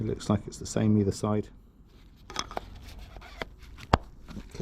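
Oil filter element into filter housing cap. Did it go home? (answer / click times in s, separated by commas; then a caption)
yes / 3.9 s. Someone talks while a cartridge-type engine oil filter element is pushed into its plastic housing cap during an oil change on a 2014 Nissan X-Trail. There are a few soft handling clicks and rustles, then one sharp click at 3.9 s as the element seats in the housing cap.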